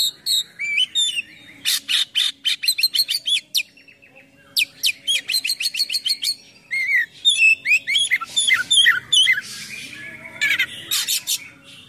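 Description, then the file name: Oriental magpie-robin song: a long, dense run of chirps, rattles, buzzes and slurred whistles, varied and continuous with only brief gaps. Full song with many imitated phrases (gacor, full isian), described as luxurious. "KACER GACOR FULL ISIAN MEWAH"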